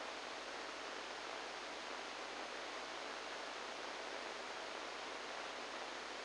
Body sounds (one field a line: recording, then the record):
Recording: brain microelectrode recording played as sound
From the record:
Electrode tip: inside the subthalamic nucleus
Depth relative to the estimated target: -2 mm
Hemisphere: right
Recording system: NeuroSet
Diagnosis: Parkinson's disease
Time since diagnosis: 10 years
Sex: male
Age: 63 years